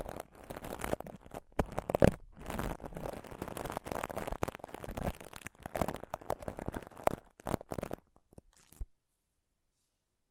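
Close-up mic scratching and touching in dense, irregular crackly bursts with brief gaps, ending abruptly near nine seconds into silence.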